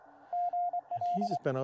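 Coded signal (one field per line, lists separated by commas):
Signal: Morse code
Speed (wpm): 24 wpm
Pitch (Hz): 710 Hz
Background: speech, radio noise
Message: GL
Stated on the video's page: Summits On The Air activation on a mountain.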